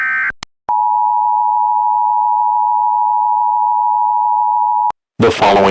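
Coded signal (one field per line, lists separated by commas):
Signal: Emergency Alert System (SAME) tones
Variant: 853 and 960 Hz attention tone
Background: speech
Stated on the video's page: Fictional EAS scenario; tones deliberately invalid, out of sequence, frequency and duration of real SAME tones.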